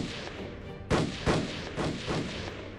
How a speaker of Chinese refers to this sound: 枪声不止一下，山地沉寂，营地又在近乎合围的谷地，拢声效果非常好，所以这枪声似是放大了好几倍